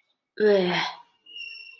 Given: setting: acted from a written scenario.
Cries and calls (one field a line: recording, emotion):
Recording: vocal sound without words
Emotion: disgust